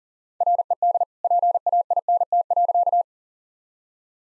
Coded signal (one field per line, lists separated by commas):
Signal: Morse code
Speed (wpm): 37 wpm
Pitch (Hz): 700 Hz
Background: none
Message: RED PAINT.